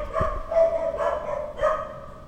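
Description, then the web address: Dog giving a few barks over low background noise. "verbi voco danca visual. Chiens"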